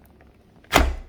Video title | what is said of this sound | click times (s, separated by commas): HOOVER: Power Dash Pet Carpet Cleaner/Shampoo-er -$79 - How To - Review - Take apart & Clean | and that also snaps right in so now it's put together | 0.8 s